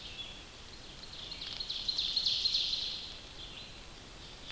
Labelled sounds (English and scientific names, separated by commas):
Ovenbird (Seiurus aurocapilla) song